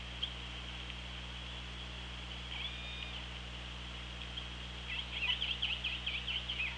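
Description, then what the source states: Killer whale: orca calls over steady underwater hiss: a short high tonal whistle-like call, then a burst of rapid, warbling pulsed calls near the end. Recorded on the OrcaLab hydrophone, 24 August 2017, at 16:52.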